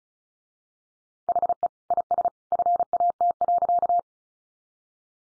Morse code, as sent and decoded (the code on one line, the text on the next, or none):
.... . / .. ... / ..-. .- - .-.-.-
HE IS FAT.